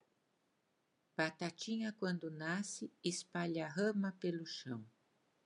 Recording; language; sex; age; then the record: short text; Brazilian Portuguese; female; 60 to 69 years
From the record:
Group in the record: control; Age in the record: 62 years